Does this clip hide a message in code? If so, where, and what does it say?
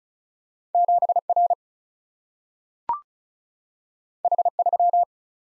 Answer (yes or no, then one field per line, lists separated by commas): yes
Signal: Morse code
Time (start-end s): 0.7-5.0 s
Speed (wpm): 36 wpm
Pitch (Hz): 700 Hz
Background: none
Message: 7R H3